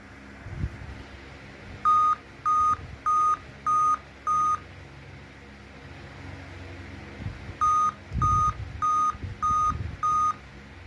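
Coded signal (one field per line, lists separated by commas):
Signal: beep code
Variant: laptop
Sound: five short mid-pitched beeps, a pause, then five more, with soft thumps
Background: room noise, handling thumps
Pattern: 5 short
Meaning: Repeated laptop warning beeps, attributed to a BIOS/CMOS battery fault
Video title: laptop keeps beeping | laptop beep sound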